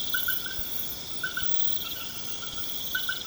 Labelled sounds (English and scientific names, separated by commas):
none